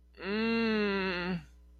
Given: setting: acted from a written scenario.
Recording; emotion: vocal sound without words; distress